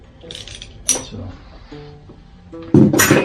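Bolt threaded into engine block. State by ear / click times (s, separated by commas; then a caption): stripped / 0.3 s, 0.5 s, 0.6 s. A ratchet is worked on a stripped steel bolt threaded into the front of a 283 small-block Chevy engine near the harmonic balancer, and the bolt just spins freely. The ratchet pawl clicks at 0.3, 0.4, 0.5, 0.6 and 0.6 seconds without tightening anything, followed by a louder clatter near 2.8 to 3.0 seconds. Someone talks.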